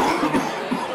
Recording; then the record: coughing mixed with background sound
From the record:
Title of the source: Coughing 77